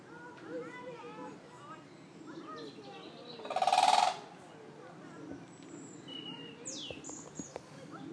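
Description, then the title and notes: Toucan giving one short, harsh, rattling croak about halfway through, against a noisy background with other birds. "Day 15 - #AudioMo - Toucan (archive)"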